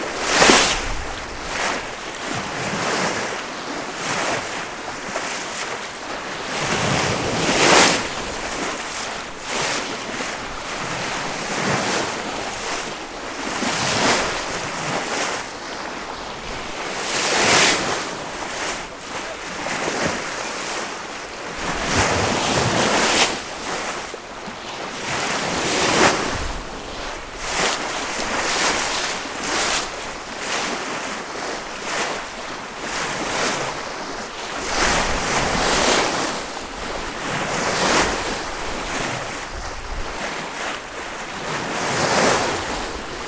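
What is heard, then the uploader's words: Water rushes and splashes continuously off the bow of a wooden sailing ship, with brighter surges every few seconds, strongest near 1, 8, 17 and 26 seconds. The hiss is dense and steady, with a low rumble of wind buffeting the microphone underneath. The waves softly falling from the bows of the wooden galleass sailing ship Albanus on a pilgrims sailing between The Finnish Archipelago and Åland Islands. Albanus Waves.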